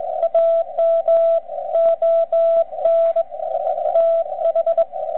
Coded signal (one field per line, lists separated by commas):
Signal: Morse code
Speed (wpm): 21 wpm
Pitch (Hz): 660 Hz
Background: radio noise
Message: AM ON TH